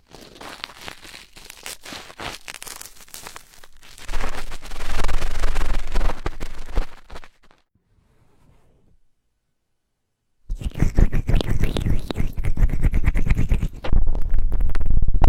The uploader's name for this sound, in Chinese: 暴力搓耳